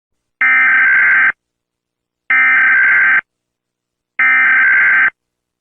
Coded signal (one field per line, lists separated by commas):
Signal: Emergency Alert System (SAME) tones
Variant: header bursts